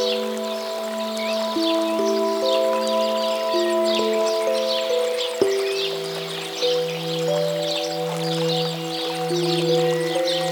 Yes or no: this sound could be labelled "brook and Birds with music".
yes